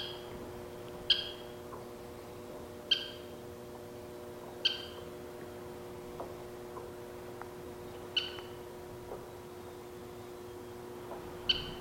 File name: Western Kingbird - Tyrannus verticalis